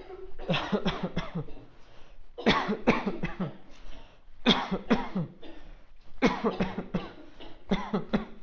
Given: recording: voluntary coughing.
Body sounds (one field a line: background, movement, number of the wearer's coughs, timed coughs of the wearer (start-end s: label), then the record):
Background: a bystander coughing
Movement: walking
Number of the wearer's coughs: 13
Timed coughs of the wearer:
0.48-0.84 s: cough
0.84-1.16 s: cough
1.16-1.53 s: cough
2.44-2.85 s: cough
2.85-3.22 s: cough
3.22-3.57 s: cough
4.44-4.88 s: cough
4.88-5.30 s: cough
6.20-6.58 s: cough
6.58-6.92 s: cough
6.92-7.20 s: cough
7.69-8.10 s: cough
8.11-8.41 s: cough
From the record:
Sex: male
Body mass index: 20.5 kg/m2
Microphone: on the chest, facing outward